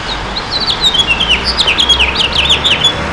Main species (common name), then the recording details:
House Finch. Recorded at Baldwin on Long Island, New York, on 28 May 2013. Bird J